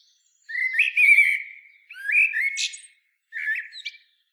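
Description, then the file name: Common blackbird singing three short back-to-back phrases of rich, low fluted whistles, each finished with a thin, high squeak or twitter. "Turdus merula"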